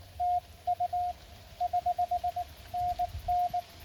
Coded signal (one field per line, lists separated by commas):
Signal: Morse code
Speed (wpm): 19 wpm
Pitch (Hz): 710 Hz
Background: radio noise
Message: TU <HH>NN